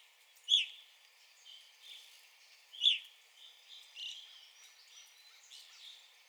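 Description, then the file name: Evening grosbeak calls: two loud, clear notes about two seconds apart, followed by softer burry notes and faint background chirping. Recorded 9 April 2021. "2021-04-09 Evening Grosbeak"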